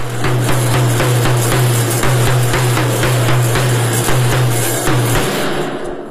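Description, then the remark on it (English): Taiping drums beat in a quick, steady rhythm, each loud sharp stroke ringing with a bright, jangly edge, over a constant low hum, with no voices. “基本上这四套鼓点 Basically, with these 4 kinds of drum beats, one can practice many actions.”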